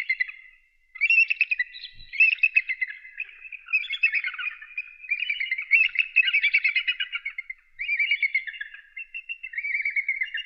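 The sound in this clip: Eagle giving a long, nearly continuous run of high, rapid chittering notes that rise and fall in loudness with only two short pauses.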